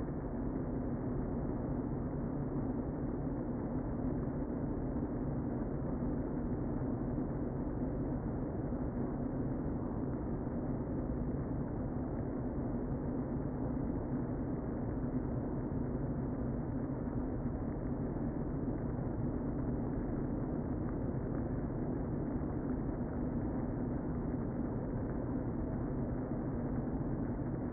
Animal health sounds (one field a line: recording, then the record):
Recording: honeybee colony, microphone inside the hive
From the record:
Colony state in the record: queen present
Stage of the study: before two queens were removed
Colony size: about 60,000 bees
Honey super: yes